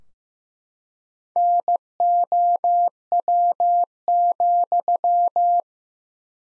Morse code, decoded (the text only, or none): NOW,